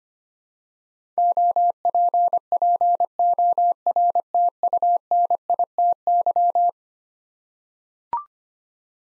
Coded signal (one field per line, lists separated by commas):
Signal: Morse code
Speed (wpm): 25 wpm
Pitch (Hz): 700 Hz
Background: none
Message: OPPORTUNITY